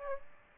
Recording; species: mosquito wingbeat signal from an infrared sensor; Aedes aegypti